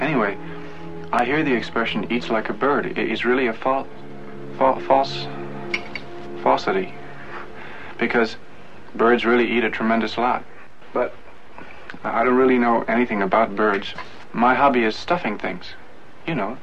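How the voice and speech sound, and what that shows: A man speaks nervous film dialogue with stop-start hesitancy, with pauses of up to about a second mid-sentence and a stretched, repeated 'f-f' on 'falsity'. These part-word repetitions and blocks are acted stammers and stutters, the actor's own idea for conveying the character's nervousness. A faint steady hum from the soundtrack sits underneath.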